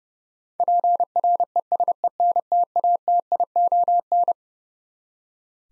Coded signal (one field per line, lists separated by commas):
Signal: Morse code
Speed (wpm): 30 wpm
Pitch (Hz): 700 Hz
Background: none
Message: PRESENTATION